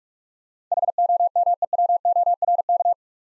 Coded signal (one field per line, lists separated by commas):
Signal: Morse code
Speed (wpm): 46 wpm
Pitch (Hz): 700 Hz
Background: none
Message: HOMEWORK